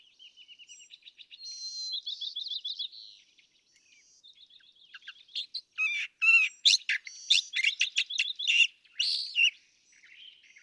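California thrasher delivering a fast series of repeated chirps and trills, falling briefly quiet, then resuming with loud, jumbled, scratchy notes.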